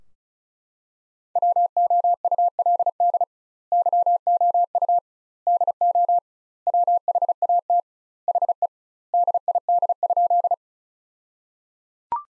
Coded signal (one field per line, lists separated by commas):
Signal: Morse code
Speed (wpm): 34 wpm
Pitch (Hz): 700 Hz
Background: none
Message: WOULD YOU DO WHAT HE DID?